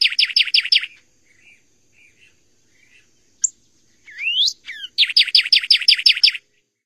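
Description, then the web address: Northern cardinal song: a fast series of buzzy, down-slurred whistled notes, then a few soft chips, a rising slurred whistle, and another rapid run of repeated notes. "Songs of Birds of North America Stokes. Northern Cardinal"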